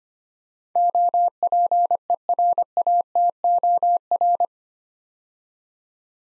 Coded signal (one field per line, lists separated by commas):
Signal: Morse code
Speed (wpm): 25 wpm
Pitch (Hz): 700 Hz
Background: none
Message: OPERATOR